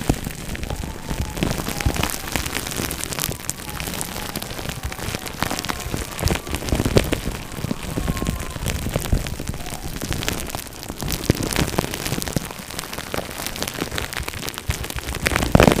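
Bubble wrap crinkles and crackles without pause, a dense patter of sharp little pops and rustles much like rain on a surface. The texture stays busy and fairly even throughout, with louder snaps near the very end.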